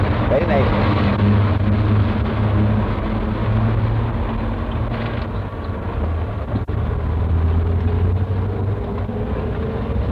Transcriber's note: much traffic noise